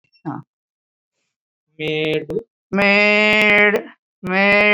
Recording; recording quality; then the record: sustained vowel as in made; moderate, slight background noise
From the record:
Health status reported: COVID-19 positive, no symptoms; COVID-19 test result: positive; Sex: female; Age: 59 years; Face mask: not worn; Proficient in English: no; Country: India